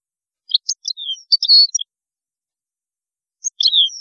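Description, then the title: Goldfinch twittering: a short run of varied chirps and a buzzy note, then a brief pause and another quick chirping phrase. "Chant Chardonneret"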